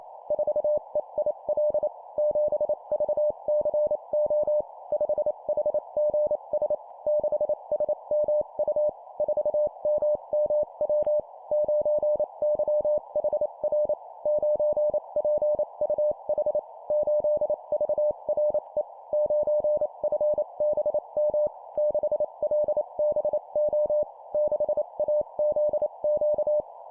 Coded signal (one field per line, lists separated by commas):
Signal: Morse code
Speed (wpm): 28 wpm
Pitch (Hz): 600 Hz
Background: none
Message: 4EIL 7VCO 5HGS 6SMU 4MMW 9YHR 9PUH 8VRE 9FBM 6LBO 6AZQ